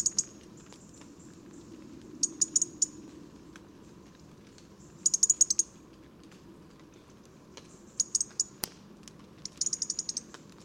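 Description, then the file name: European robin: scattered groups of quick, very high ticks, irregularly spaced, plus one sharp click. "Erithacus rubecula"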